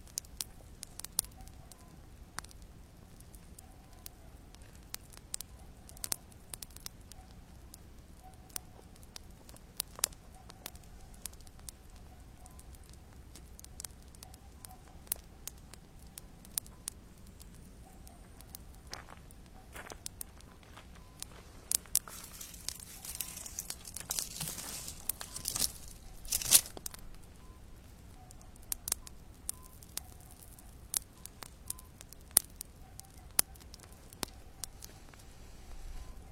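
A calm campfire at night, with a low steady hum under scattered sharp crackles and pops through the whole stretch. A brighter hissing flare-up rises around the middle, roughly 22 to 27 seconds, then settles back into quiet sparse snapping.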